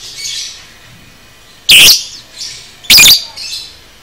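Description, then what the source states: Lovebird calls: two sharp, loud shrill chirps about a second apart over faint, high twittering chatter. Lovebird 'paud' masteran song, meant for training caged birds.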